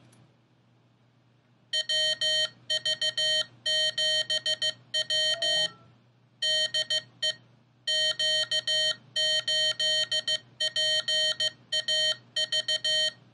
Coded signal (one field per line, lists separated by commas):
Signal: Morse code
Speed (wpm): 15 wpm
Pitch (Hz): 3100 Hz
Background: none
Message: WV7W DE Q8PAV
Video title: Morserino32: Will it teach you CW?